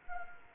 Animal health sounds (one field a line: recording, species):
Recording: mosquito wingbeat signal from an infrared sensor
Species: Anopheles arabiensis